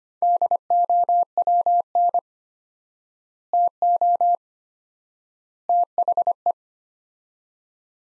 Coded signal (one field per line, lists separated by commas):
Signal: Morse code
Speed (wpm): 25 wpm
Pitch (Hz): 700 Hz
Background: none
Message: DOWN TO THE